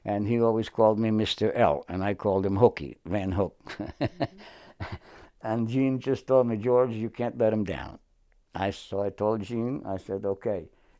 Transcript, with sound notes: And he always called me "Mr. L." and I called him "Hookey"—Van Hook. [Chuckles] And Jean just told me, "George, you can't let him down." I—so I told Jean—I said, "Okay.